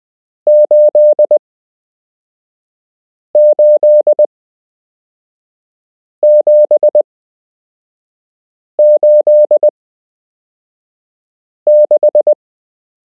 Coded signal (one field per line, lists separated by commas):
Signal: Morse code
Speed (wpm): 20 wpm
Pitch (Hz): 600 Hz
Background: none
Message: 88786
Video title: You can learn Morse code - Part 7